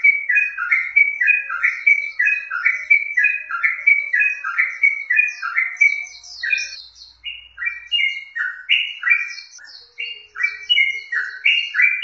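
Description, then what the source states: Yellow-vented bulbul song: rapid bubbly notes tumbling downward for several seconds, a short lull, then higher slurred phrases resume. Wild bird.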